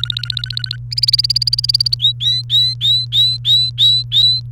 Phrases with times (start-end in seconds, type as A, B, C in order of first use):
0.00-0.76 A, 0.91-1.95 B, 1.99-4.40 C